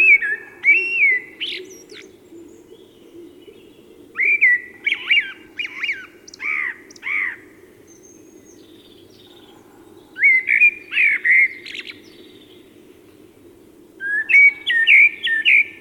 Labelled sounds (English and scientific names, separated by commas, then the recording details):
Common Blackbird (Turdus merula) song
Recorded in the wild
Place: Schorfheide, Brandenburg, DE
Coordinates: 52.907, 13.531
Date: 1989-04-16 08:05
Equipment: Nagra III BH, Sennheiser MD 21, parabola
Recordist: Schubert, Michael